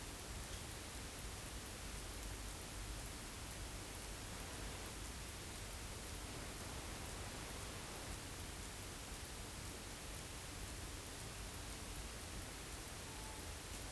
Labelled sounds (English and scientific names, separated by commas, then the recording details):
Tawny Owl (Strix aluco)
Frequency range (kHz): Tawny Owl (Strix aluco) 0.8-1.1 kHz
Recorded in France